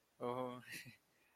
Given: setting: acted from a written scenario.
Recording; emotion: vocal sound without words; embarrassment